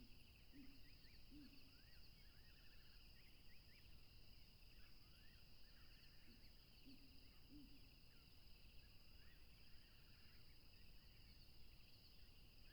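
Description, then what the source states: Crickets keep up a continuous two-pitched trill; rising chirps come in bursts and paired low hoots appear near one second and again around seven seconds, with rushing background. Crickets recorded along a tropical river.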